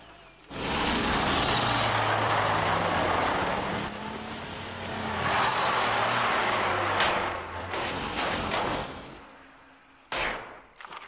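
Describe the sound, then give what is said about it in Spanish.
A heavy red fire truck engine roars steadily with a low, droning rumble, swelling in loudness midway, then a few sharp clacks and bursts of hiss near the end. “Depredador solitario, el camión de bomberos acecha a su presa.”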